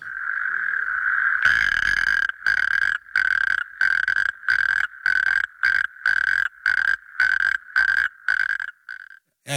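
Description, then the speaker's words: Natterjack toad calling: a loud, sustained, mid-pitched churring trill, broken by short gaps about every half second. Original recording played in a radio studio; a pioneer species characteristic of the harbour area. "Ja, speciaal voor jou hebben wij hier dan echt origineel het geluid van een rugstreeppad. En die klinkt zo."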